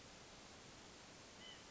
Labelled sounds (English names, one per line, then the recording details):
White-breasted Nuthatch
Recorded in Sonoma County, California